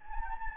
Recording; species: mosquito wingbeat signal from an infrared sensor; Anopheles gambiae